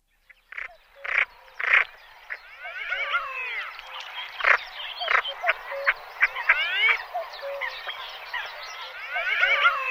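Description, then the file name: Common pochard flock calling, a dense overlapping chorus of rising whistles, harsh rasping notes and short sharp calls, with louder bursts near the start and middle. "CHernet krasnogolovaya"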